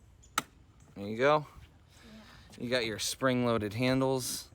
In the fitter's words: your doors I think they make a nice click when you close it there